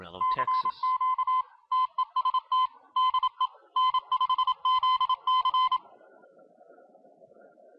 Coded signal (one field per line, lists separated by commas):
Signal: Morse code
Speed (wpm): 25 wpm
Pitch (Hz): 1020 Hz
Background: speech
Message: CQ TEST DE N5ZC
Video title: My Pet Arduino Copies the CQ WW DX Contest